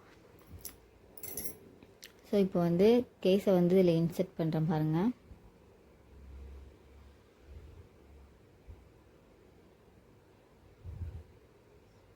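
A bobbin case is lined up in the hook/shuttle area of a sewing machine before insertion, with light handling clicks and taps in the first two seconds. Someone then talks, followed by faint low rustling as the case is positioned before thumb pressure locks it. Nothing has seated or clicked yet.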